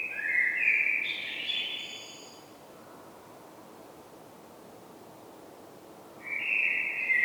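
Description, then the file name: Common blackbird singing a mellow fluting phrase that climbs into a squeaky twitter, then a pause before the next phrase begins. "Turdus merula"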